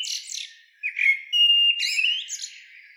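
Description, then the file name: Common blackbird sounds: thin high chirps, then a sustained slightly rising whistled note with buzzy overtones, no other sounds. "Turdus merula"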